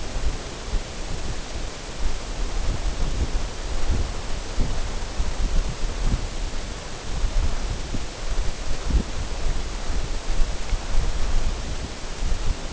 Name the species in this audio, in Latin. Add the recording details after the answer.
none. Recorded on Arctic tundra, site NAIT-1, on 19 June 2018. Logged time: 21:00